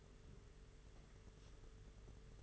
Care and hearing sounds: daily activity, microphone in the room; take from stove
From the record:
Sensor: 4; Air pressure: 991.9 hPa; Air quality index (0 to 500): 86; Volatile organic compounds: 7 ppm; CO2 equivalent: 1954 ppm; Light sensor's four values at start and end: 21/75/27/29 and 21/74/27/29

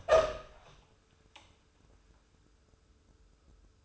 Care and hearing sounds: daily activity, microphone in the room; open door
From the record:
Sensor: 2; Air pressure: 1015.0 hPa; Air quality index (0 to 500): 170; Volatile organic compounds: 10 ppm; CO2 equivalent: 2215 ppm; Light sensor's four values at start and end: 13/36/14/16 and 13/36/14/16

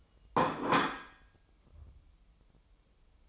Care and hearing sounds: daily activity, microphone in the room; place plate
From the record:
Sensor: 1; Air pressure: 988.6 hPa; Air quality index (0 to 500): 197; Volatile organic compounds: 943 ppm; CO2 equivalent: 5239 ppm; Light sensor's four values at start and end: 25/93/35/36 and 25/93/35/36

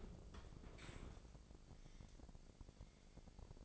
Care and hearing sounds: daily activity, microphone in the room; open dishwasher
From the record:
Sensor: 5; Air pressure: 1012.4 hPa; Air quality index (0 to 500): 165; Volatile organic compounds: 2 ppm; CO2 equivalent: 1119 ppm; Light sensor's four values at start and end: 129/308/131/146 and 128/307/131/145

